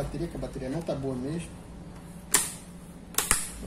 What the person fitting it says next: Agora encaixou certinho.